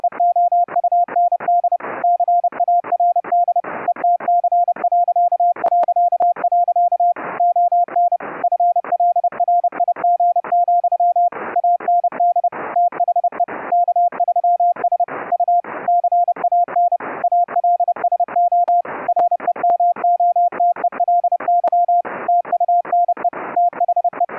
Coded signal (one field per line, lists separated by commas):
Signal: Morse code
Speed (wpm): 30 wpm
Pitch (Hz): 700 Hz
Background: none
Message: EOUND CARD ETC... ON FLRIG, AND THE K3S U CAN ALSO REMOTELY TUNE THE